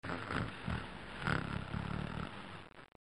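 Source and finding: Adult, sound effect. Snoring.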